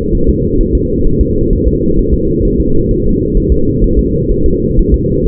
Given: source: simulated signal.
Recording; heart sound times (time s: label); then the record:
fetal heart sounds
0.15 s: S1
0.29 s: S2
0.61 s: S1
0.75 s: S2
1.07 s: S1
1.21 s: S2
1.53 s: S1
1.67 s: S2
1.99 s: S1
2.14 s: S2
2.45 s: S1
2.60 s: S2
2.91 s: S1
3.06 s: S2
3.37 s: S1
3.52 s: S2
3.84 s: S1
3.99 s: S2
4.31 s: S1
4.46 s: S2
4.79 s: S1
4.94 s: S2
5.27 s: S1
From the record:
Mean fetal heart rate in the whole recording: 130 bpm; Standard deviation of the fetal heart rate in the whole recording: 4 bpm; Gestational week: 38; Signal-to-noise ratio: -16.4 dB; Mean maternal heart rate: 72 bpm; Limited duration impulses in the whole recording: present